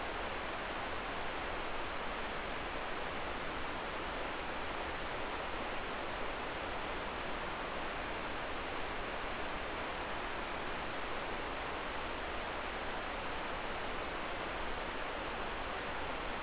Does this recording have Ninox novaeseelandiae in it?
no